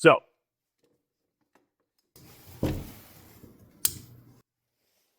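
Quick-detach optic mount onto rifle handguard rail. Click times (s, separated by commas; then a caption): 3.9 s. Someone talks briefly, then the quick-detach mount of an ATN Tico LTV 320 thermal clip-on optic is tightened onto the Picatinny rail of a rifle's BCM handguard, with scraping and handling noise and a dull knock around 2.6 s. The lever snaps locked with a sharp click at 3.9 s, and the mount is seated rock solid.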